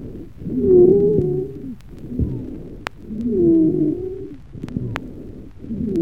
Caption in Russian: Более высокие сухие хрипы, дискантовые, возникают в мелких бронхах. Высокие свистящие хрипы при бронхиальной астме лучше выслушиваются на выдохе.